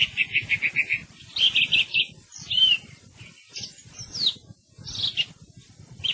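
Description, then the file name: Thrush song: a rapid series of short repeated notes, then varied whistled and slurred phrases broken by brief pauses, with a low rumble underneath. "TORDO"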